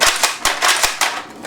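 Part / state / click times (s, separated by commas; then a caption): plastic retaining knob onto stock rod of a toy dart blaster / seated / 0.4 s. A plastic retaining knob is pushed into the middle of three holes and onto the end of a rod poking out the other side of the stock on a Nerf Longstrike CS-6 foam-dart toy blaster. A quick series of sharp plastic clicks and taps is heard, the strongest at 0.5 s, and the knob clicks into place on the rod.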